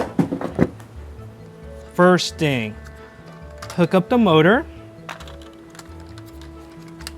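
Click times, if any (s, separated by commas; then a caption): 7.1 s. The motor unit of a Red Sea NanoMat aquarium roller-mat filter is hooked up and pressed into place in the filter housing while someone talks over background music. Light knocks and handling taps lead to a sharp click at 7.1 s, when the motor connector seats and locks in.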